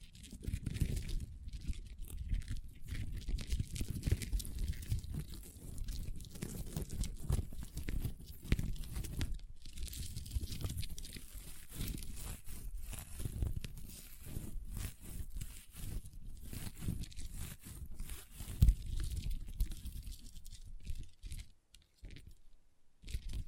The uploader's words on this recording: ASMR Satisfying Crunchy Slime (No Talking).